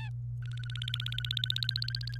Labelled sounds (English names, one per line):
Domestic Canary song